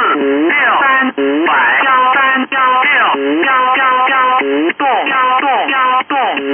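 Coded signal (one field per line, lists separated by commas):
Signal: numbers station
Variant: VC01 Chinese Robot, Mandarin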